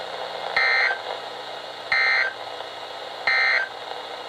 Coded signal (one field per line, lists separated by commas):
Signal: Emergency Alert System (SAME) tones